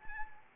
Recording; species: mosquito wingbeat signal from an infrared sensor; Anopheles arabiensis